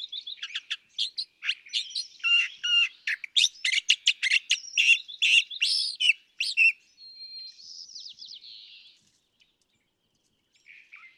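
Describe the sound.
California thrasher giving dense, loud bursts of varied harsh and chirping notes, followed by a softer warble and a brief final phrase.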